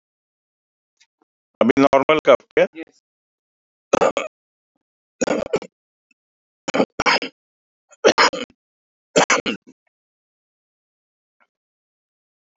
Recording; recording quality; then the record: shallow voluntary cough; moderate, slight background noise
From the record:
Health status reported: respiratory illness, not identified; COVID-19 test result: negative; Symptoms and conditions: cough, chronic lung disease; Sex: male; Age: 68 years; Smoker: not ticked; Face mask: not worn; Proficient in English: yes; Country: India